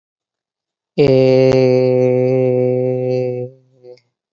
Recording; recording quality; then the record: sustained vowel as in made; excellent, no background noise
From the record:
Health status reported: COVID-19 positive, mild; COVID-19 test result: positive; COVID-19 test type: RT-PCR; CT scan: not taken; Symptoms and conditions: cold, breathing difficulty, sore throat, fever, fatigue, muscle pain, loss of smell and taste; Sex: male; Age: 33 years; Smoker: no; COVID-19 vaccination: both doses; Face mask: worn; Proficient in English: yes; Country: India